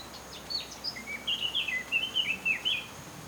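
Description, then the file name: Eurasian blackcap song: a few thin high notes, then a loud fluty, warbled phrase of quick rising and falling whistles lasting about one and a half seconds, with faint background hiss. "Sylvia atricapilla"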